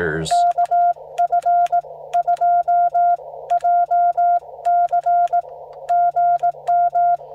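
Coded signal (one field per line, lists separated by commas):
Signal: Morse code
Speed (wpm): 18 wpm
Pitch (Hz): 710 Hz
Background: speech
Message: KF2JC GM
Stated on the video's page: QRP CW Parks on the Air activation using a Yaesu FT-891 at 5 watts, ATAS-120A antenna on a Jeep, keyed with 3D printed paddles.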